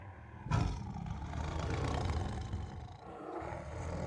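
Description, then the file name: Tiger giving a deep rasping growl that starts abruptly and rumbles on for several seconds. Annoyed tiger making throaty growls. "Annoyed Tiger Makes Throaty Growls [Sound Ideas]"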